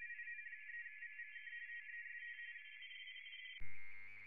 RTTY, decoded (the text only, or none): IN3VVK TEST